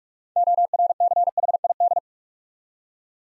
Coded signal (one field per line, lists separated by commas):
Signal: Morse code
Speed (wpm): 44 wpm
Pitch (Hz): 700 Hz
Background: none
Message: ORCHID